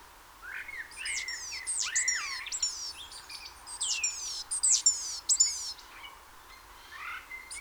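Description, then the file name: Great tit calls: a busy run of varied whistled and slurred notes, some rising and some falling, in quick irregular phrases over a faint steady hiss. "Parus major"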